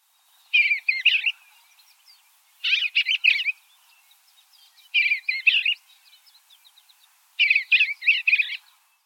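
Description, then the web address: Eastern bluebird song: four short warbled phrases, each under a second, coming about every two and a half seconds against a quiet background. "Thumbs Plus Zoo Field Guide Repository Sounds"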